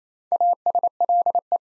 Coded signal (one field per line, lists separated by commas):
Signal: Morse code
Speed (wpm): 27 wpm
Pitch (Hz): 700 Hz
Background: none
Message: ASLE